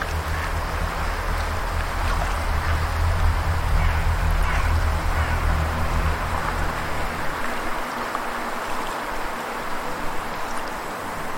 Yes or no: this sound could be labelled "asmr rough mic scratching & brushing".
no